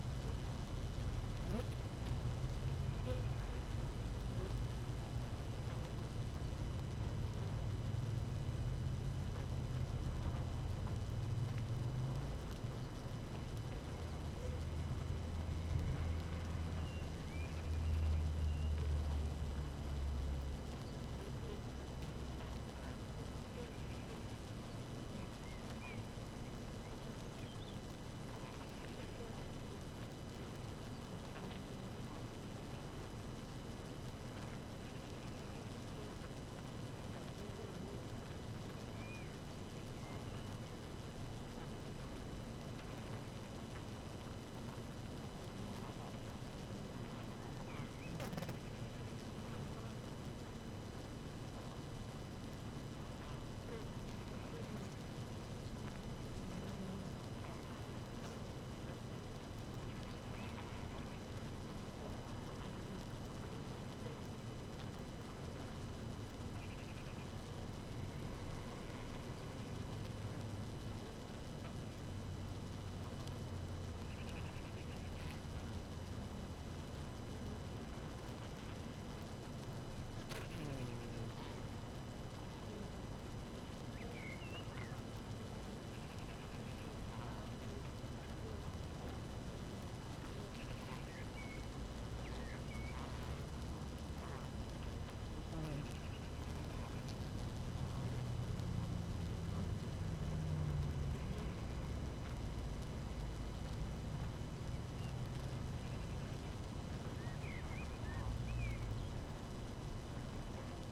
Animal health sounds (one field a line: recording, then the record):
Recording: honeybee colony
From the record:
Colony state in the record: active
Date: 12 June 2018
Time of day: 5:50